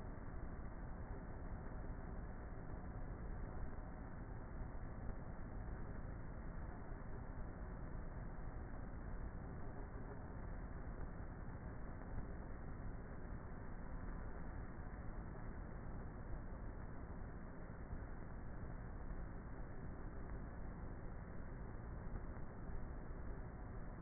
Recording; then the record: honeybee colony, microphone inside the hive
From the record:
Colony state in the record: queenless with a low population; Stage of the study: before two queens were removed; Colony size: about 30,000 bees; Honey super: no